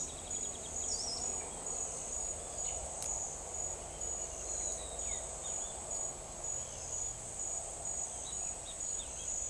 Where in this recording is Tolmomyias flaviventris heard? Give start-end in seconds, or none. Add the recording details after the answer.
0.91-1.22. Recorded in forest near Pivijay, Magdalena, Colombia, on 6 June 2023 at 06:30. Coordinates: 10.467, -74.380. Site Z5-G034